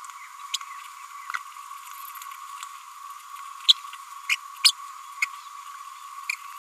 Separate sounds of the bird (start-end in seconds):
0.53-0.57, 3.68-3.75, 4.29-4.36, 4.63-4.72, 5.22-5.25